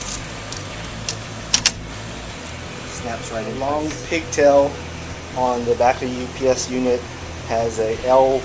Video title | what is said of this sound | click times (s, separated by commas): UPS Installation July 2010 | and that just snaps right in place, as well as the bottom snaps right in. | 1.1 s, 1.5 s